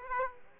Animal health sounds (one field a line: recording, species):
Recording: mosquito wingbeat signal from an infrared sensor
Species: Aedes aegypti